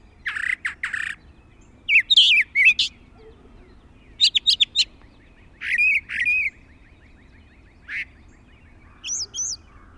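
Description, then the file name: Brown thrasher song: varied, rich phrases separated by pauses, including a rapid burst and paired slurred notes. "suara kicauan brown thrasher"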